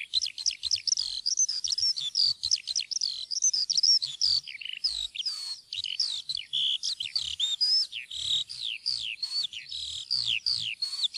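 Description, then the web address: Eurasian skylark singing a fast, continuous warble of high twittering and rolling notes, varied and unending, over a quiet background. "fuglelyder- sanglerke"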